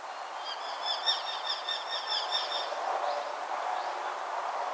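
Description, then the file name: Eurasian hobby giving a quick run of thin, harmonic-rich notes lasting about two seconds, fairly soft against a steady background hiss. "Falco subbuteo"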